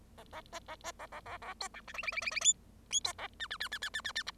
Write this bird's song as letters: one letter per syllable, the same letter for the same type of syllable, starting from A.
A A B A B A A A A C D E F F F F F G G C A H H H H H H H H I